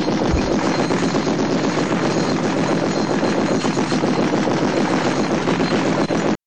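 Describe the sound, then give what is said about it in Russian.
Anti-aircraft gun on guide rails aboard a BelAZ truck firing in a sustained, rapid burst, dense overlapping booms packed into a loud continuous roar with no pauses, running for several seconds. “Пихаем зенитку на направляющих назад, заряжаем наушники на голову. «Ловите!» С перекошенным от злости лицом проорал большой и начал стрелять.”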